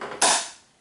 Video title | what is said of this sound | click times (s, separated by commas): Домашние консервы из утки \ Автоклав Домашний Стандарт | щелкнуло баночка готова не надо там ничего подкручивать | 0.2 s